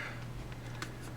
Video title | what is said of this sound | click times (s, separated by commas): New PS3 Fat optical drive teardown | unlatch the ribbon cable going to laser | 0.5 s, 0.8 s